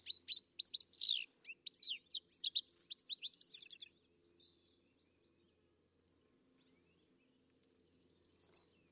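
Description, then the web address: Bird song: a rapid run of high chirps and sweeping notes for about four seconds, then faint soft whistles and one final sharp note. "Deverinetal. Bird Only"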